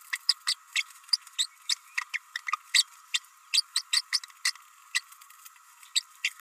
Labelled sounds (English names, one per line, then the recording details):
Green-rumped Parrotlet babbling
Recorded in a nest box in Venezuela
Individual 18B104A5